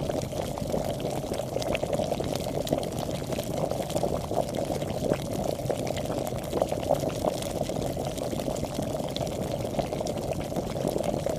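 Water boils at a steady, full roil, a dense churning bubble with no pauses from start to finish. The sound sits mostly in a low-to-middle rumble, dotted with quick crisp pops and spits that flick through constantly, even in loudness.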